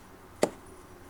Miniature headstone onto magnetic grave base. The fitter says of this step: And I'm going to leave the audio in here so you can hear it click into place.